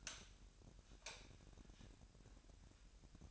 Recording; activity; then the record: daily activity, microphone in the room; light on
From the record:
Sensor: 2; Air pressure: 1011.8 hPa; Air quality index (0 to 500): 214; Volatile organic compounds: 3 ppm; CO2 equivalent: 1511 ppm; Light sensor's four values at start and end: 11/26/11/11 and 16/44/18/18